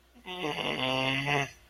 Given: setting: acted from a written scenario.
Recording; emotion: vocal sound without words; negative surprise